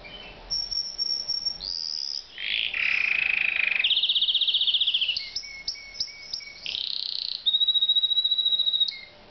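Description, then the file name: Canary song: a varied sequence of high whistles, rapid rolling trills and quick repeated chips, shifting pitch between phrases. "Uccello Canarino"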